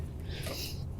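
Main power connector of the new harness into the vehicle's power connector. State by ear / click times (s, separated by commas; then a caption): not seated / none. The main power connector of a new wire harness is handled as it is lined up with a John Deere Gator's power connector, with a soft rustling scrape and a steady low hum underneath. Nothing has seated or clicked yet.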